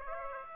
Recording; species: mosquito wingbeat signal from an infrared sensor; Aedes aegypti